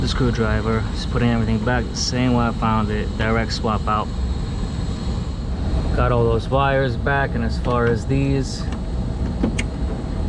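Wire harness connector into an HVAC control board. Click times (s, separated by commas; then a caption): 9.6 s. A wire harness connector is plugged back into a replacement fan or inverter control board in an LG Multi V HVAC unit after the wires were reinstalled the same way they were found. Someone talks over a steady background hum, then a sharp click is heard at 9.6 s as the connector seats.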